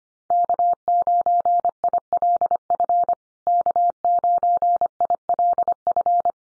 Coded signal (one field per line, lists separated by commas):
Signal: Morse code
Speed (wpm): 25 wpm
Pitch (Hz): 700 Hz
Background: none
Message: K9ILF K9ILF